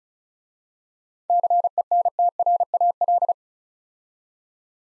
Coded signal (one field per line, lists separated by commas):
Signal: Morse code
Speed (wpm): 36 wpm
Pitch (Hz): 700 Hz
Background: none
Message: CENTRAL